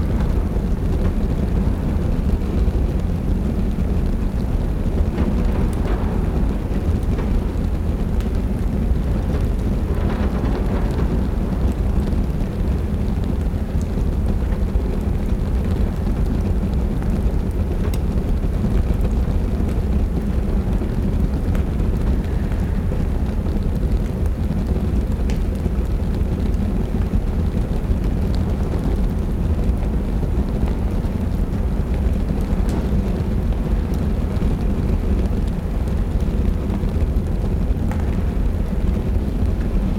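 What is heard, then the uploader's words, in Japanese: A fireplace crackles over steady rain during a storm. A deep, unbroken rumble fills the low end throughout, while faint sparse pops and snaps cut through now and then, with a few brighter bursts around 5, 10, 25 and 33 seconds. 嵐の中の居心地の良い屋根裏部屋。暖炉のパチパチと雨。外では、雨が窓を激しく打ち、その不断のリズムが屋根裏部屋の心地よい交響曲に加わります。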